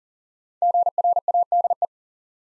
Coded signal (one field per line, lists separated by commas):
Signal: Morse code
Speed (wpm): 39 wpm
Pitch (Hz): 700 Hz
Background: none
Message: GRADE